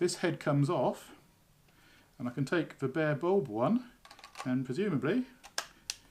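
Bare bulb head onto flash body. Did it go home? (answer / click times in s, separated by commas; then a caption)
yes / 5.6 s, 5.9 s. Someone talks while swapping heads on a Godox AD200 flash, removing the standard head and pushing the bare bulb head onto the flash body. Two sharp clicks at 5.6 and 5.9 seconds mark the bare bulb head clicking into place, and it is seated.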